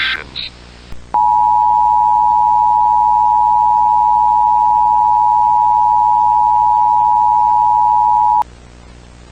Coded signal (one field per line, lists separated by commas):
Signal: Emergency Alert System (SAME) tones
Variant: 853 and 960 Hz attention tone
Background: speech